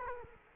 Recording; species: mosquito wingbeat signal from an infrared sensor; Culex quinquefasciatus